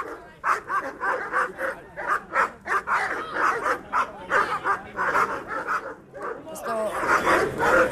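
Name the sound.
police dogs barking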